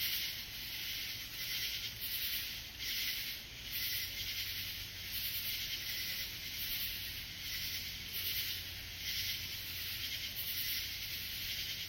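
Katydid call, harsh buzzy pulses repeated in an uneven rhythm, with a faint low hum beneath.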